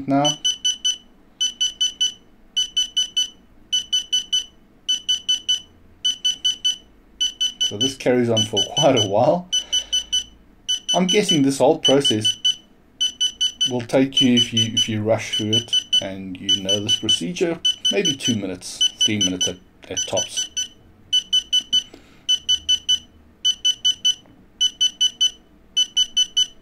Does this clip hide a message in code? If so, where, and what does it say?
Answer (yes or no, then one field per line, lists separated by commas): no